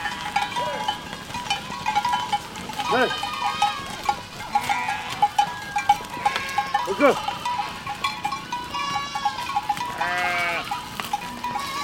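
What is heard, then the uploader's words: Cows moo and call over one another, with a clear rising-and-falling cry near three seconds, another near seven, and quavering, bleat-like calls around nine to eleven seconds. A steady bell-like ringing runs underneath throughout, with a low murmur of background noise. These cow mooing sounds. The uninterrupted stream of cow mooing.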